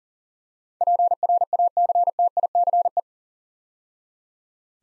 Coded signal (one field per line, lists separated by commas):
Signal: Morse code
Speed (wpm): 38 wpm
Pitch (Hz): 700 Hz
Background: none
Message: PRACTICE